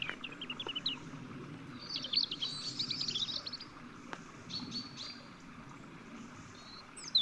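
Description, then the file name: European robin song: thin, high warbled phrases and scattered sharp notes, with a dense twittering burst near the middle, over steady low background hiss. "Erithacus rubecula"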